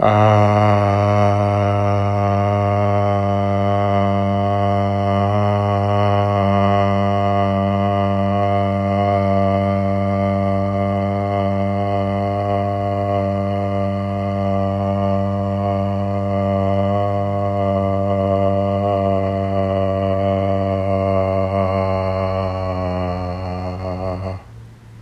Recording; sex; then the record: sustained vowel /a/; male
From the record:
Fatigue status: no fatigue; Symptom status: asymptomatic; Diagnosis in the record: COVID-19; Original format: m4a